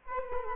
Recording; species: mosquito wingbeat signal from an infrared sensor; Culex quinquefasciatus